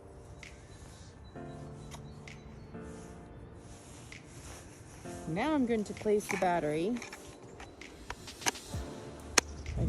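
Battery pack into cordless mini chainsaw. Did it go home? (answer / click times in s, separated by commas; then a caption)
yes / 9.4 s. A 21V battery pack is slid into the base of a cordless mini chainsaw, 4 inch or 6 inch, over background music while someone talks. Scraping and handling sounds lead to a sharp latch click at 9.4 s as the battery seats.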